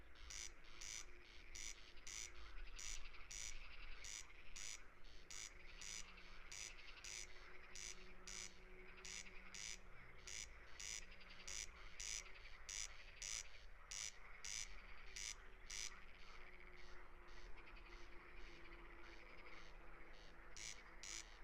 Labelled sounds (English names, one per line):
Corn Crake song